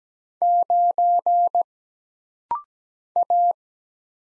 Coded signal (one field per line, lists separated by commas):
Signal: Morse code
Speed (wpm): 17 wpm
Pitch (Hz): 700 Hz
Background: none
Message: 9 A